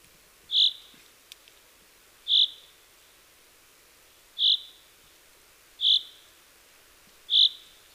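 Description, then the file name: Common chaffinch giving five brief high single notes at slightly uneven gaps, with a soft click between the first calls and low hiss behind. "Fringilla coelebs"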